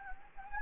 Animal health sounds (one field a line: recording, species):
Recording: mosquito wingbeat signal from an infrared sensor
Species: Anopheles gambiae